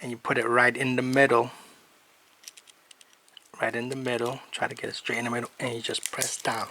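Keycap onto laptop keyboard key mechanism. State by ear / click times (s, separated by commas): not seated / none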